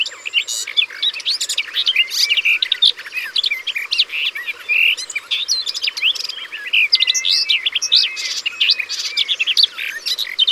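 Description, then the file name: Garden warbler pouring out a long, vigorous, continuous warble, a jumble of mellow whistles and quick chattering notes with no real pause. Recorded by the water. "Fauvette des jardins Au bord de leau"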